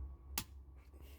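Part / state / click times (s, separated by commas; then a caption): seat harness socket into its mounting bracket under the seat / seated / 0.4 s. A plastic seat wiring socket on an Audi A6 C7, fitted during a heated electric memory seat retrofit, is pushed up into its mounting bracket under the seat. It seats with one sharp click at 0.4 s against a low, steady background hum. The socket is confirmed clicked home in its holder.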